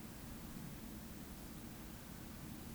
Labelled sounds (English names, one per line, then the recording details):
Eurasian Woodcock whistle
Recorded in Baden-Württemberg, Germany, on 14 May 2021 at 19:38 UTC
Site 25175, 602 m above sea level